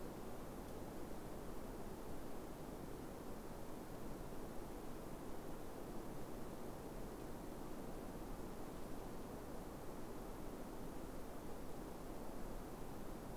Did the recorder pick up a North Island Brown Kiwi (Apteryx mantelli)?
no